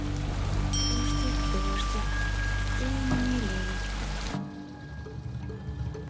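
A heavy downpour outdoors roars as a dense, steady hiss over a faint low hum, then abruptly drops to a duller, softer wash of rain for the last couple of seconds.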